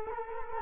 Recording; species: mosquito wingbeat signal from an infrared sensor; Culex quinquefasciatus